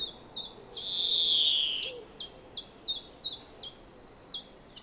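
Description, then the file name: European greenfinch giving a couple of high chirps, then a long, nasal, buzzy wheeze, then a string of evenly spaced high chirps at about three per second. "Chloris chloris"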